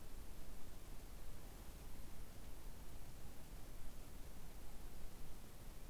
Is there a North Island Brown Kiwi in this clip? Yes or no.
no